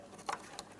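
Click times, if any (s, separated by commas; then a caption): 0.6 s. A plastic wiring harness connector is lined up with the tail lamp socket of a 2004-2008 Pontiac Grand Prix tail lamp assembly and pressed together. A short rustling burst is heard around 0.3 s, followed by a sharp, bright click at 0.6 s. The connector clicks in and is seated, secured in place.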